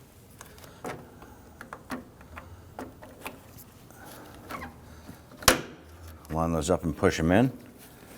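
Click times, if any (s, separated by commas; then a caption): none. Plastic retaining tabs are being lined up for a radiator fan shroud bracket on a 2010-2019 Ford Taurus during radiator replacement. Someone talks over faint handling noises and a few small ticks, with one sharp knock near 5.5 s. Nothing has seated or clicked yet.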